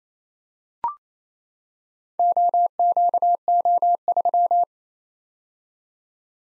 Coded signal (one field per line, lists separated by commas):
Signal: Morse code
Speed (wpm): 29 wpm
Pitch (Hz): 700 Hz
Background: none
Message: OQO3